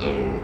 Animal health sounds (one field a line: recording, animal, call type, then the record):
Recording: contact call of a hoofed animal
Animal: pig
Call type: closed-mouth grunt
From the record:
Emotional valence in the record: negative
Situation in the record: short social isolation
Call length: 0.43 s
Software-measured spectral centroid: 1400 Hz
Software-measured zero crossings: 1080 a second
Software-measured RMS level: -24 dBFS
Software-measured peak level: -10 dBFS